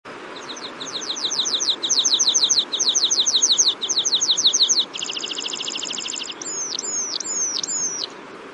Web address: red throated pipit bird call